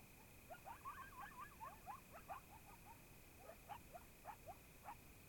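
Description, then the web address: Coyotes yelping and yipping together, sharp rising yelps and short quavering notes scattered throughout over a low background hiss. Several coyotes recorded in Oregon in 2015. "Discover Oregon - Coyotes Coyotes 2015 Medlock Loudest Quiet Coyotes"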